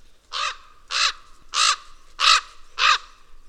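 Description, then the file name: Raven giving five harsh, hoarse caws in an even, steady series, with a quiet background. "Digiffects Sound Effects Library - Raven and Magpie Call"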